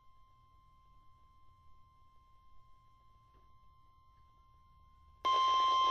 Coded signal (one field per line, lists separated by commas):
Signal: Emergency Alert System (SAME) tones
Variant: 1050 Hz attention tone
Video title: Severe Thunderstorm Warning - 06/27/19 (EAS #1,867)